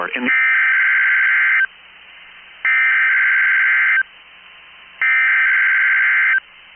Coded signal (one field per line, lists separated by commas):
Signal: Emergency Alert System (SAME) tones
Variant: header bursts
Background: speech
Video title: 12/22/21 THE BEST WAY TO SPREAD CHRISTMAS CHEER IS TO SEND RWT'S FOR ALL TO HEAR!!! EAS#130